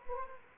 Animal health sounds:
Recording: mosquito wingbeat signal from an infrared sensor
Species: Anopheles gambiae

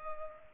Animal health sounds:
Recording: mosquito wingbeat signal from an infrared sensor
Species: Culex pipiens

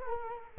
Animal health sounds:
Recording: mosquito wingbeat signal from an infrared sensor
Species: Culex quinquefasciatus

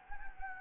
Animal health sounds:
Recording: mosquito wingbeat signal from an infrared sensor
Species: Anopheles gambiae

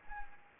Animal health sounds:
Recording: mosquito wingbeat signal from an infrared sensor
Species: Anopheles arabiensis

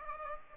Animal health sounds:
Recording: mosquito wingbeat signal from an infrared sensor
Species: Aedes aegypti

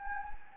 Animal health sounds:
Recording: mosquito wingbeat signal from an infrared sensor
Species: Anopheles gambiae

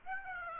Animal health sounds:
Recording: mosquito wingbeat signal from an infrared sensor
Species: Aedes aegypti

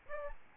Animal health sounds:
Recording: mosquito wingbeat signal from an infrared sensor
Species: Aedes albopictus

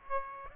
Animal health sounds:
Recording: mosquito wingbeat signal from an infrared sensor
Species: Aedes aegypti

